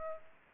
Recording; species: mosquito wingbeat signal from an infrared sensor; Aedes aegypti